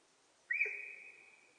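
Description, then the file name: Sika deer whistle call, a clear piercing note that bursts in, stays level and slowly dies away. Recorded in Japan on 4 November 2006. "061104 nihonjika"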